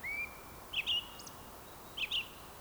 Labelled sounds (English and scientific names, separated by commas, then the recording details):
Eurasian Woodcock (Scolopax rusticola) whistle
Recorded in Baden-Württemberg, Germany, on 27 June 2020 at 19:53 UTC
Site 43791, 788 m above sea level